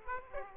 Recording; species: mosquito wingbeat signal from an infrared sensor; Aedes aegypti